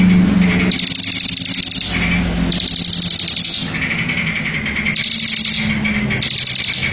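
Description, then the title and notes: Bar-winged prinia song, four bursts of fast high trilling with pauses between, over faint low background noise. Ngebren song of the bar-winged prinia, used as a tutor for training white-rumped shamas. "Ciblek Ngebren Untuk Masteran Murai Batu. Suara burung ciblek - Suara Nada"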